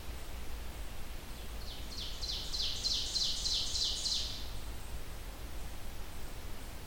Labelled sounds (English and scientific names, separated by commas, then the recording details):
Ovenbird (Seiurus aurocapilla) song
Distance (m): 45 m
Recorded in boreal forest in Alberta, Canada, on 30 June 2016 at 07:15
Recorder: SongMeter 3, array SBT-6-79
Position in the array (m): 215 m, 19 m
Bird 39